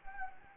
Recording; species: mosquito wingbeat signal from an infrared sensor; Anopheles gambiae